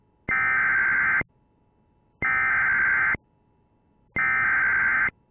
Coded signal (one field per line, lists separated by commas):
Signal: Emergency Alert System (SAME) tones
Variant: header bursts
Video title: EAS #99-100!!!!!! EBS Test Audio + EXTREMELY Rare Flash Flood Warning